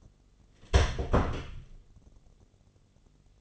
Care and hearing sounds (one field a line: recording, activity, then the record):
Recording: daily activity, microphone in the room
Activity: close door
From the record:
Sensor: 4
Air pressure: 1016.1 hPa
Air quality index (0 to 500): 211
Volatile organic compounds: 13 ppm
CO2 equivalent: 2405 ppm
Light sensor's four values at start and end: 9/20/8/7 and 9/20/8/7